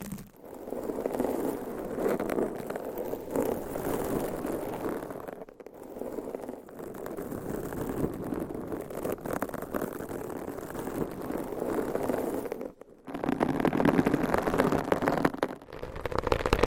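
Long-nailed scratching on microphones makes a dense, steady rasping rumble, with brief pauses near 5.5 and 13 seconds before louder, brighter scratching.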